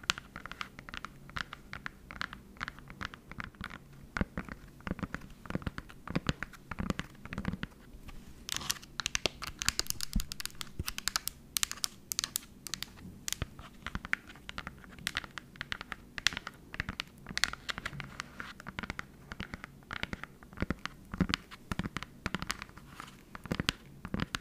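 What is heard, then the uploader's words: Tapping sounds come in quick, dense, irregular clicks throughout, crisp and bright, with busier bursts near the middle and light scratchy crinkling underneath. Tapping ASMR.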